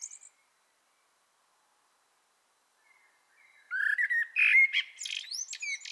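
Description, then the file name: Common blackbird song after a near-silent pause: a fluty warble that climbs into busy high-pitched twittering and squeaky rising notes. "Turdus merula"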